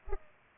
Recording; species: mosquito wingbeat signal from an infrared sensor; Culex pipiens